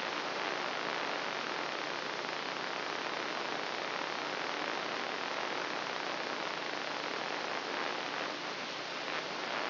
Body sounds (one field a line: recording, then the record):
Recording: brain microelectrode recording played as sound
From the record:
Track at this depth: inside the subthalamic nucleus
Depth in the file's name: 4.307 mm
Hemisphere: left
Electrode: 2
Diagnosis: Parkinson's disease